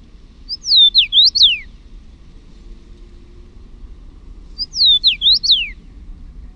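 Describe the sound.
Common rosefinch song: a clear, swooping whistled phrase of several linked notes, given twice about four seconds apart, with a steady low background hum.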